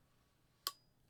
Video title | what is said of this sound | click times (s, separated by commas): Zenza Bronica S2A Film Camera Photography Class 47 | all right and you just turn it until it clicks | 0.7 s